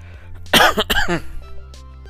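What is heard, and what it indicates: Two short, voiced, throaty coughs from an adult man, about half a second apart, against a steady low electrical hum in a quiet room. It is a dry, irritative cough linked to hay fever (pollen allergy), brought on by talking for a long time.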